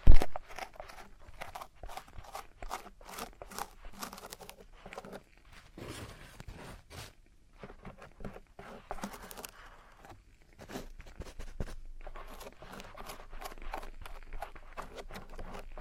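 Ear cleaning and earwax removal: dense, irregular crackling and scraping scratches come in quick bursts, with a brief quieter stretch near ten seconds.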